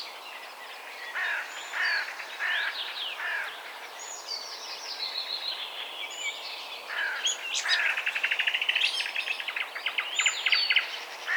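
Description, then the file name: Eurasian blackcap song, a rambling, scratchy warble that breaks into a quicker run of repeated buzzy notes near the end. "Sylvia atricapilla"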